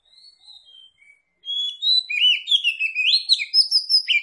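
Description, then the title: Oriental magpie-robin: soft whistled notes, then a loud, rapid, jumbled run of warbles and chirps. Tretes; singing vigorously (gacor). "Kacer Tretes Gacor"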